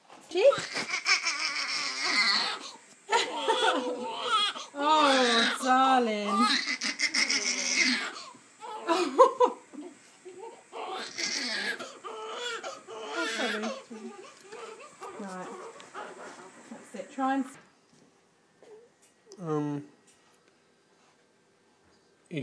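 High-pitched, wavering, tuneful wails come in repeated bursts with quick gasping breaths between. They fade after about 17 seconds, then return as one brief cry. This is a newborn's first crying after birth; baby and mother are doing fine.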